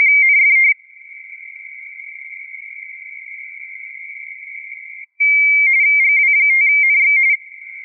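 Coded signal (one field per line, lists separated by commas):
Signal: RTTY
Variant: 45.45 baud, 170 Hz shift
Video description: A small snapshot of my screen, with N1MM + MMTTY + GRITTY during my QRP operation at the 2023 edition of CQWW RTTY. Did not remember the band at the recording moment. May be 10m (5W + Moxon).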